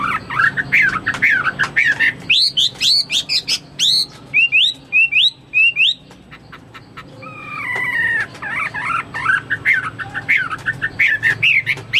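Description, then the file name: Chinese hwamei singing a varied stream of whistled, warbling phrases with sliding notes and sharp clicks, brief quieter pause midway before looping whistles resume. "omkicau hwamei"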